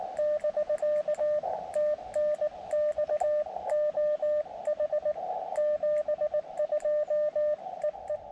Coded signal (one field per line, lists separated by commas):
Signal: Morse code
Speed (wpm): 19 wpm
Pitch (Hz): 590 Hz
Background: radio noise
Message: <BK> TNX OH 72 EE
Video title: Georgia State Parks on the Air Contest Highlights - POTA, Camping, Hiking, Photos, and Gear